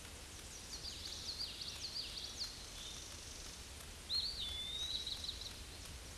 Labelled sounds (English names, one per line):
Eastern Wood-Pewee song